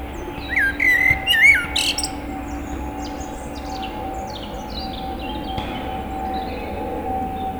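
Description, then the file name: Eurasian blackbird gives one short fluted phrase with high twittering at the start, then only faint high notes over a constant mechanical hum. "Turdus merula"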